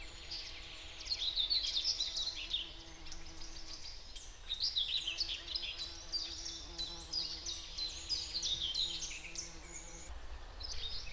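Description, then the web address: Common whitethroat song: rapid, scratchy chattering warbles in short bursts throughout, over a low droning hum. Recorded in the Spreewald. "ornithologie dorngrasmuecke 2 m 08 St We Spreewald"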